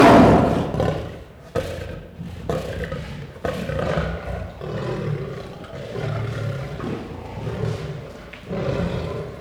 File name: Het grommen en brullen van een leeuw - Beeld en Geluid